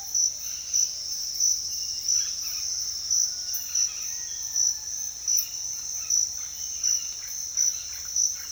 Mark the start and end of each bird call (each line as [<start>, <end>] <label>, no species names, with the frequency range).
[2.09, 2.72] bird call (1.0-4.3 kHz)
[3.43, 4.19] bird call (1.0-4.7 kHz)
[5.27, 8.51] bird call (1.1-4.2 kHz)